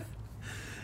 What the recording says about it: Did you sneeze? I did sneeze. We're sitting outside, first of all, and so the allergies have come. It's the smoke.